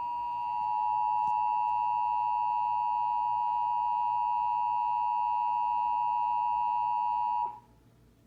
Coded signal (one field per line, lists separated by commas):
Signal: Emergency Alert System (SAME) tones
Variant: 853 and 960 Hz attention tone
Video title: EAS 673 Nevada’s Required Monthly Test